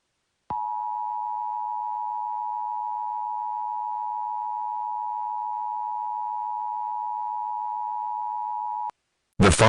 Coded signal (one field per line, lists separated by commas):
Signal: Emergency Alert System (SAME) tones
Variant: 853 and 960 Hz attention tone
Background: speech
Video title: (EAS SCENARIO) NOT A FLU (Part One)